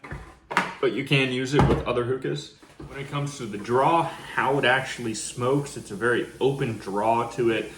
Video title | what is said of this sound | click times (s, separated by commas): Kaloud Aeolis Review #hookah | snaps right in there just like that | 0.5 s, 0.6 s